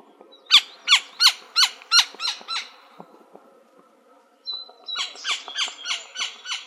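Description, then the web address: Gila woodpecker calling in a quick run of sharp notes that fade out, then a pause and a second steady series of similar notes. Recorded in Arizona on 24 April 2004. "Woodpeckers AZFO GIWO deviche 042404"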